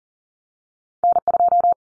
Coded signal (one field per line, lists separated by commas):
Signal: Morse code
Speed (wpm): 40 wpm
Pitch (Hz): 700 Hz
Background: none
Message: N2